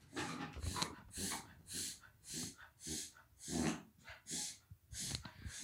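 A dog named Judah reverse sneezing: a rapid, rhythmic run of loud snorting breaths that sound like choking.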